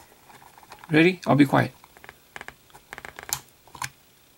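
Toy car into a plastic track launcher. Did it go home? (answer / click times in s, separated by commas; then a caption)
yes / 3.3 s. Someone talks briefly, then a die-cast toy car is pushed all the way back into the plastic launcher of a Hot Wheels Tow & Tune Play Set (Walmart Holiday 2013 exclusive), next to a little blue lever, with a few light plastic taps along the way. The car clicks and latches into the launcher at 3.3 s, seated.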